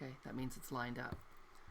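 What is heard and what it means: A plastic yo-yo maker top plate is being handled over fabric lined up on its template, ready to be pressed down to lock into its base, while someone talks. Nothing has seated or clicked yet.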